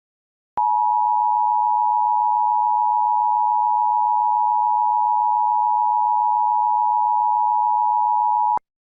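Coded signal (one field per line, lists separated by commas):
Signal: Emergency Alert System (SAME) tones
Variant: 853 and 960 Hz attention tone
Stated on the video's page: Fictional short EAS scenario.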